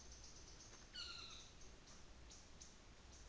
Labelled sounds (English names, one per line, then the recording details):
North Island Saddleback
New Zealand Fantail
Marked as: faintness 2/5
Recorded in New Zealand on 24 December 2018
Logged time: 17:45